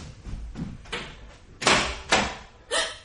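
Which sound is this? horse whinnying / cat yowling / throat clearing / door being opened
door being opened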